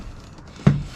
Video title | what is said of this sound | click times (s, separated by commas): CorbinSeat and BRPGo Tips | it locks into place and hooks in the front | 0.7 s